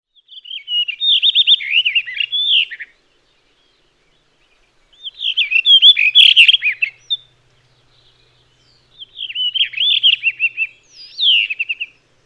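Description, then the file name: Blue rock thrush song: three short phrases of sweet, warbling, up-and-down whistled notes, each lasting two to three seconds with pauses between them. "Monticola solitarius"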